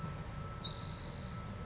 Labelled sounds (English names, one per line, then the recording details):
Spotted Towhee
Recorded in Sonoma County, California